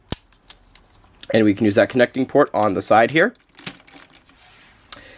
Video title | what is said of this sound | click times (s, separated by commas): Thundersaurus Megazord Review - Power Rangers Dino Thunder | we can fold up all of the legs backwards all of them go backwards and they will click into place | 0.1 s, 0.5 s, 0.8 s